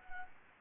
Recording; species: mosquito wingbeat signal from an infrared sensor; Anopheles arabiensis